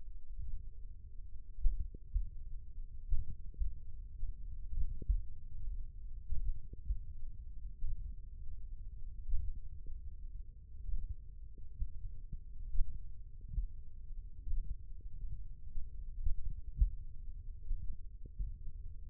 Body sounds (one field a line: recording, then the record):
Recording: forearm muscle sounds (acoustic myography)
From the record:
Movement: finger pinch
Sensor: system 1, eight BSWA MPA416 microphones around the upper forearm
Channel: 2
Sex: male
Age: 20 years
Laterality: left